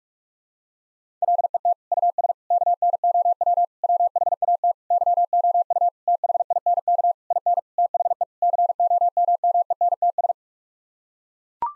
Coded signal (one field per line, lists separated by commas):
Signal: Morse code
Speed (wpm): 41 wpm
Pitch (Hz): 700 Hz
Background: none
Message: LET US KNOW WHAT YOU THINK IN THE COMMENTS